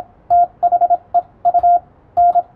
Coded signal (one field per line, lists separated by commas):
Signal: Morse code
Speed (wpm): 27 wpm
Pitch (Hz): 700 Hz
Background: radio noise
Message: THE U N